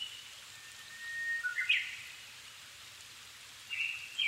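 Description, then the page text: Japanese thrush song: a drawn-out thin whistle followed by a burst of warbling notes, then after a pause a further whistled phrase, over hiss. 7 May 2011 at 17:59, evening; altitude 270 m; recorded with Sony PCM-D50 and Panasonic WM-61A microphone. "kurotugumi-20110507-1759. Turdus cardis [Sounds -Nikko Today-]"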